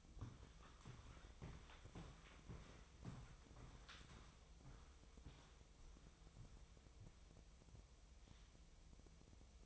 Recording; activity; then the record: daily activity, microphone in the room; walk to room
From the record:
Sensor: 1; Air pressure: 999.4 hPa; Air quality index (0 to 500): 199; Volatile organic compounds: 40 ppm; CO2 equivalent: 3156 ppm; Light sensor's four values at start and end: 9/22/8/9 and 9/23/9/10